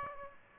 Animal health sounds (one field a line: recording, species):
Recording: mosquito wingbeat signal from an infrared sensor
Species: Aedes aegypti